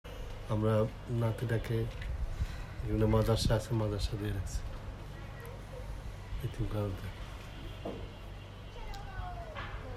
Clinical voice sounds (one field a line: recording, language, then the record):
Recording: elicited speech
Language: Bengali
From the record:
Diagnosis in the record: Broca's or global aphasia after a stroke